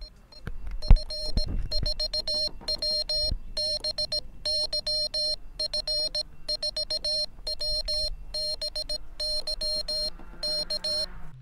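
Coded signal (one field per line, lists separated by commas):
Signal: Morse code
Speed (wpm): 17 wpm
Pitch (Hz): 610 Hz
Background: none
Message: F4WBY F4WBY K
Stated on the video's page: Morse code sent and received on a (tr)uSDX radio in CW mode.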